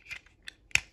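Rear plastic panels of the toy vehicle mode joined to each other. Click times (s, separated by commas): 0.8 s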